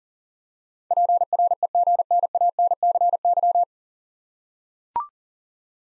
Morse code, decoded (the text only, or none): PREGNANCY